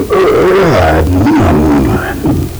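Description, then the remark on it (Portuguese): A voice imitates a wolf snoring: loud, low, growling snores rising and falling in pitch, about three drawn-out rumbles in a row with no talking. “Quanto mais dormia, mais o lobo roncava. E roncava tão alto que um caçador que ia passando por ali escutou.”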